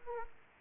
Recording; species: mosquito wingbeat signal from an infrared sensor; Aedes aegypti